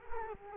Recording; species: mosquito wingbeat signal from an infrared sensor; Culex quinquefasciatus